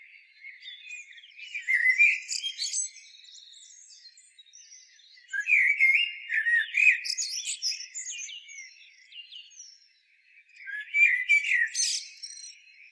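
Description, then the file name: Common blackbird delivering three separate fluty warbled phrases, each closing with a high, squeaky flourish, and soft twittering notes carrying on between them. "Turdus merula"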